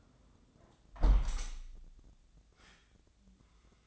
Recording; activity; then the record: daily activity, microphone in the room; close window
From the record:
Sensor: 3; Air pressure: 1012.3 hPa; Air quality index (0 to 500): 128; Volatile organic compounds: 2 ppm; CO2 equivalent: 992 ppm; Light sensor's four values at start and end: 174/419/171/158 and 178/427/174/161